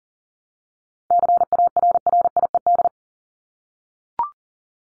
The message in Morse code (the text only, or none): CARRIED